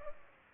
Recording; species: mosquito wingbeat signal from an infrared sensor; Culex pipiens